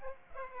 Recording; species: mosquito wingbeat signal from an infrared sensor; Aedes aegypti